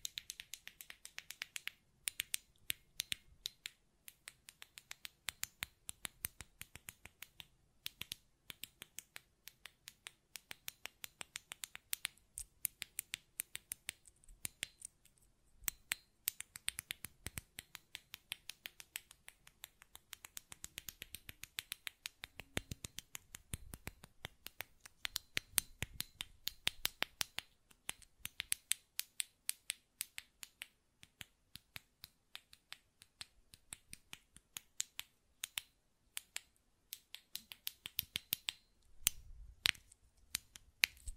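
Buttons are clicked and tapped in quick, irregular bursts for the whole length, each click a sharp, dry snap with a crisp top. The pace shifts between dense flurries and brief pauses, with a few heavier, lower-sounding taps near the middle and end.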